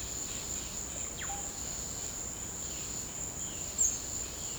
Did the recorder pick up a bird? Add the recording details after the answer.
yes. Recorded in secondary vegetation near Puerto Asís, Putumayo, Colombia, on 18 December 2024 at 17:00. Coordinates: 0.489, -76.322. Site G059